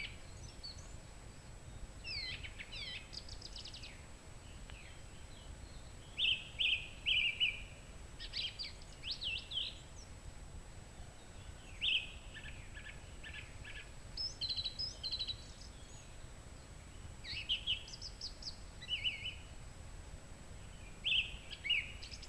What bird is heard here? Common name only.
Song Thrush